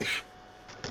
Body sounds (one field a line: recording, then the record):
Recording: coughing mixed with background sound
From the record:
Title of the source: 64 coughing, allergies, singing lungs